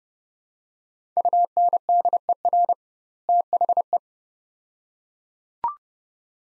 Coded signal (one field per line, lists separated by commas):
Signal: Morse code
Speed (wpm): 30 wpm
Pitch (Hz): 700 Hz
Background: none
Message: UNDER THE